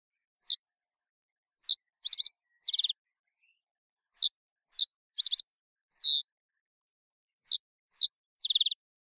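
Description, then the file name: Common reed bunting song: short phrases of a few high thin notes ending in a buzzy trill, each phrase repeated roughly every three seconds against a quiet background. "Migliarinodipalude"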